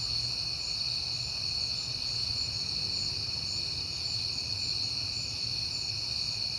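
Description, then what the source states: Crickets trilling in a steady, unbroken high-pitched chorus with several layered tones; faint low rumble underneath. Crickets at night in September, on a peaceful night.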